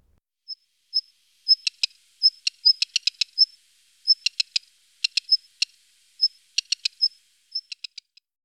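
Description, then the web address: Black redstart calls: short high whistled notes repeated at irregular intervals, mixed with dry clicking ticks in quick clusters. "IVN Zangvogels. Zwarte roodstaart"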